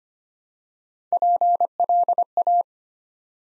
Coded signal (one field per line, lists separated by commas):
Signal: Morse code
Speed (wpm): 25 wpm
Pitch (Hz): 700 Hz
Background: none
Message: PLA